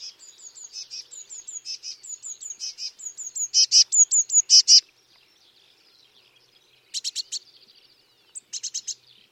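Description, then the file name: Eurasian blue tit giving a long run of high repeated notes that grow louder, then short harsh scolding bursts after a pause. "Cyanistes caeruleus"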